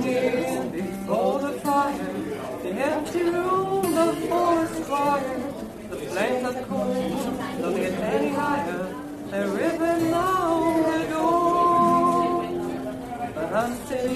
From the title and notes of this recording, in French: Kerry's bar a théme une chouette ambiance dans ce bar !